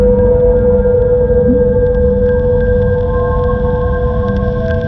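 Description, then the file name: Whale song: a steady held tonal note rich in harmonics, with faint scattered clicks above and a continuous low rumble beneath. Song of a mother whale. "Sonido Canto de Ballenas - Madre Ballena"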